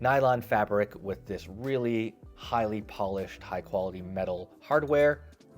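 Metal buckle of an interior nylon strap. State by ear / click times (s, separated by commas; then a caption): not seated / none. Someone talks over background music while handling the highly polished metal buckle of one of two crisscrossing nylon compression straps inside a Sterling Pacific 35L aluminum carry-on suitcase. A faint, short sound comes near 5.4 s, but the clip ends before the buckle goes home, so nothing has clicked or seated yet.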